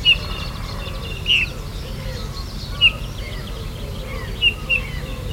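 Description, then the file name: Eurasian bullfinch calls, brief mellow whistles repeated every second or so, a close pair at the end, with other birds chirping in the background. "Pyrrhula pyrrhula"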